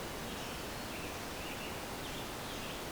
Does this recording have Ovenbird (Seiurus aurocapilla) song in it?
no